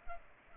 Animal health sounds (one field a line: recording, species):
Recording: mosquito wingbeat signal from an infrared sensor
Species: Culex pipiens